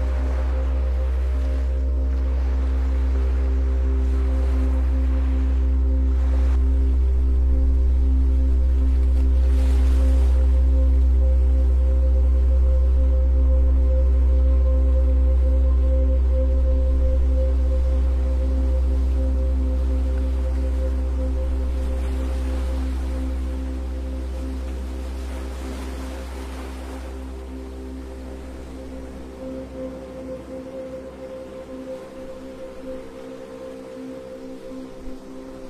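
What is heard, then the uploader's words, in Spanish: Relaxing sleep music with sea waves: a deep, steady drone under sustained, ringing tones like a singing bowl. Soft washes of surf swell up now and then, around 2, 10, 22 and 27 seconds, and the whole sound eases quieter toward the end. MÚSICA para DORMIR Profundamente con OLAS del Mar Relajantes. Una música relajante especialmente diseñada para ayudarte a dormir profundamente, acompañada de hermosos sonidos de olas del mar.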